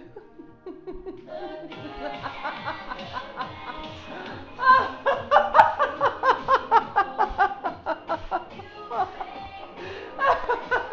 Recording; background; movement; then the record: laughter; music; walking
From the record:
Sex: female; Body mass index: 21.8 kg/m2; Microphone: on the chest, facing outward